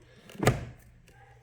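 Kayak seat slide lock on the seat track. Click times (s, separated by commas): 0.5 s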